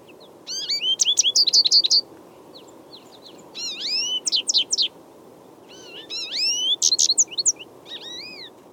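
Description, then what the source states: American Goldfinch song, lively bursts of twittering and upward-slurred whistled notes in several runs, over a steady low background hum. Males gain bright lemon-yellow and black trim coloration by late spring; breeding is timed to follow the seeding of thistles.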